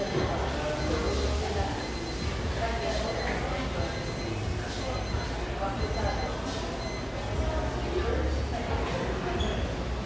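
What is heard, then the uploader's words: Café background noise: a steady, dense murmur of overlapping voices with no single speaker standing out. A low rumble runs underneath throughout, and faint brief clinks and higher sounds surface now and then, around three and five seconds and again later. Irvine, California. Cheerful, bustling background noise of this sunny café in one of the OC's most upscale neighborhoods.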